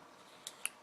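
A folding knife's blade lock is pressed to release the blade before closing it. Small, sharp metallic clicks sound at 0.5 s and 0.7 s as the lock disengages, followed by a fainter tick at 0.8 s. The lock is released.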